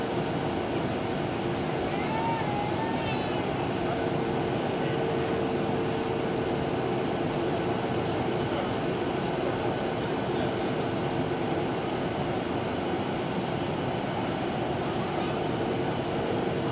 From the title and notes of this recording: TUIFly Nordic 737-800 landing Boa Vista Cape Verde. TUIFly Nordic 737-800 Approach, landing and taxi GVBA Boa Vista.